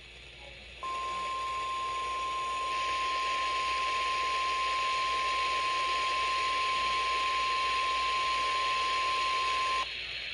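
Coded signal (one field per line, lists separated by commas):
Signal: Emergency Alert System (SAME) tones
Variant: 1050 Hz attention tone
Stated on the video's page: EAS alerts for severe thunderstorms.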